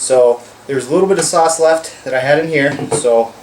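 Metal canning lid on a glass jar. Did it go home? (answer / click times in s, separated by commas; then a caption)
no / none. Glass jars of hot sauce with metal canning lids, just out of a hot-water bath, sit cooling on the counter while someone talks. No pop is heard; the center lids have not sucked down and nothing has sealed yet.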